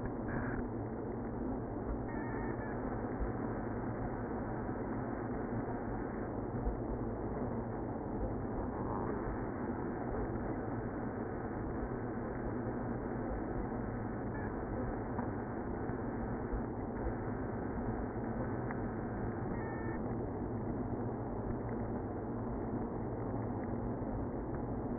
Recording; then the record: honeybee colony, microphone inside the hive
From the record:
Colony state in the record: queenless (queen removed); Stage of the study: after two queens were removed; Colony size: about 60,000 bees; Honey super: yes